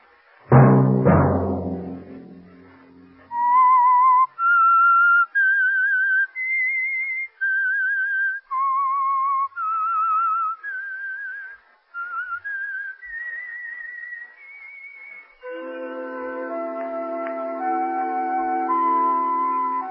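Theme of the Signal Oil radio program The Whistler: a loud burst of music gives way to a lone whistled melody of clear, sustained notes rising and falling. A swelling instrumental chord then joins beneath the final whistled phrase.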